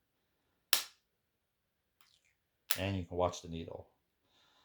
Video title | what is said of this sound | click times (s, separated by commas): Mounjaro Week 3 Results 4/13/24. Some shocking news! | you going to push it push the button and wait for that second click that's the needle retracking and it's done | 0.7 s